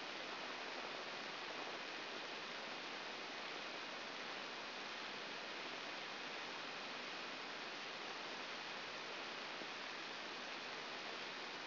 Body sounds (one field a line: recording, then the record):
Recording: brain microelectrode recording played as sound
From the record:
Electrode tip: outside the subthalamic nucleus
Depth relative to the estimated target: -6 mm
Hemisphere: right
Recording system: AlphaMap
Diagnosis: Parkinson's disease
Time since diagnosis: 12 years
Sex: female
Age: 47 years